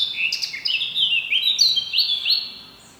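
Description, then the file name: Eurasian blackcap song, a rich run of clear whistled notes stepping between high and mid pitch, about two and a half seconds long, then fading. "Sylvia atricapilla"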